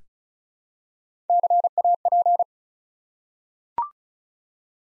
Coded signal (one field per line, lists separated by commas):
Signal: Morse code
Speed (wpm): 36 wpm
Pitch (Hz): 700 Hz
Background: none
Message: CAP